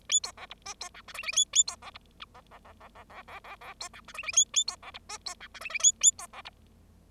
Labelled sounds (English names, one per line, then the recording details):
Bengalese Finch song
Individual Bird0